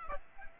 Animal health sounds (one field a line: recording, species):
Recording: mosquito wingbeat signal from an infrared sensor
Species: Aedes aegypti